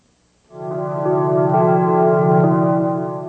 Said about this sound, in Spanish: Observen, inicia con campanas como de iglesia. Tratan de asociarlo con la religión.